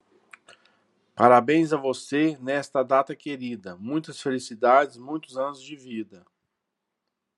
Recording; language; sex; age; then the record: short text; Brazilian Portuguese; male; 40 to 49 years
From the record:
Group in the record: control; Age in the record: 47 years